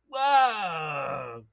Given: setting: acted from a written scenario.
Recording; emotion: vocal sound without words; positive surprise